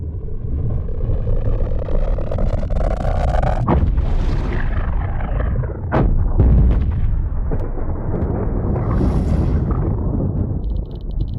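Nuclear explosions roar in a continuous, loud low-frequency rumble, broken by a couple of sharp, cracking blasts partway through, with no voices.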